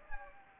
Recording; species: mosquito wingbeat signal from an infrared sensor; Anopheles gambiae